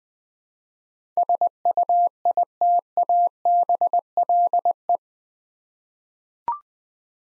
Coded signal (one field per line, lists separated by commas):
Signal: Morse code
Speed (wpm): 20 wpm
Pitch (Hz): 700 Hz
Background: none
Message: SUITABLE